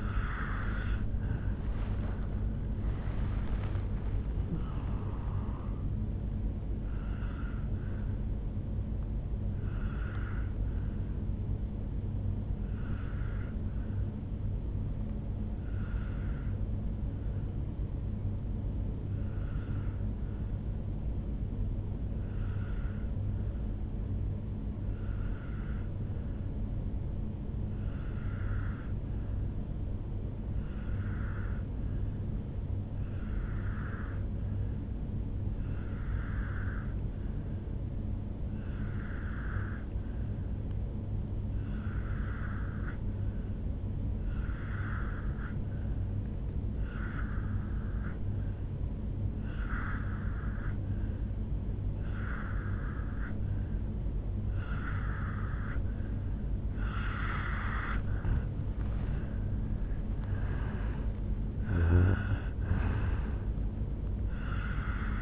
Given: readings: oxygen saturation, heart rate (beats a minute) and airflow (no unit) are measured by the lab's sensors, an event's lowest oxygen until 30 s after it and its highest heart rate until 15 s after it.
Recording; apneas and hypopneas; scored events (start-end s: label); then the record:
breathing in sleep by a smartphone at the bedside; 1
15.00-58.00 s: obstructive apnea (N1, oxygen 97% highest, then 86% lowest, heart rate 65 at the start, 76 highest)
20.00-50.00 s: new sleep stage, N2 (light sleep)
50.00-65.22 s: new sleep stage, N1 (lightest sleep)
From the record:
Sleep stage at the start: N1 (lightest sleep); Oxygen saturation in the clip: 87 to 97%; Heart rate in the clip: 61 to 78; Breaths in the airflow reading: 4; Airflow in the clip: -11.2 to 7.5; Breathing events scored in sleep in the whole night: 449 in 7.0 hours asleep